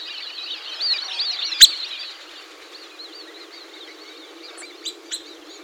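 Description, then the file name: Bird twittering: soft, wavering high chirps, loudest in the first two seconds, with a sharp click among them and a few faint high notes near the end. "SABIOD 50 bird 2015"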